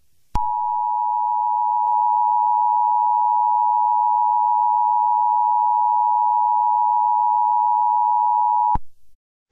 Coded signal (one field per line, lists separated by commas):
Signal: Emergency Alert System (SAME) tones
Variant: 853 and 960 Hz attention tone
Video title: EAS SCENARIO 5| CyberAttack On Electrical Grids